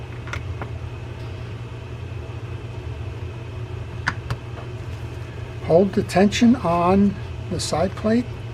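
The side plate of a Daiwa Saltist 20LW fishing reel is held under tension against the metal reel body. A steady low hum runs throughout, with a few brief faint handling ticks early on and a sharper tap near 4.1 s, and someone talks near the end. Nothing has seated or clicked into place yet.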